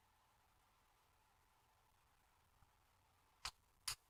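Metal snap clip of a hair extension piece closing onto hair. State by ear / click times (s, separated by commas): seated / 3.5 s, 3.9 s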